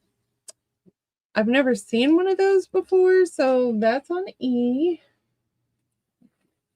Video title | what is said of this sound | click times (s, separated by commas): Christmas Clearance and Destash Sale | And it has this thing that you can snap into place. | 0.5 s